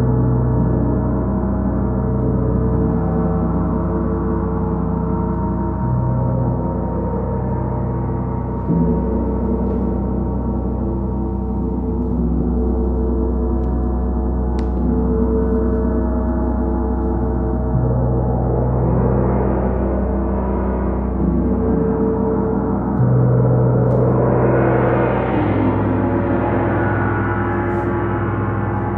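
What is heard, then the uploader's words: Gongs hum and swell in a thick, continuous wash of low, layered tones that shift and overlap without pause. Around 20 and 25 seconds a brighter shimmering swell rises, and a few faint metallic ticks sound near 15 seconds. Gong Bath. Steve Gong runs classes for groups in a church hall in Ainsdale Merseyside.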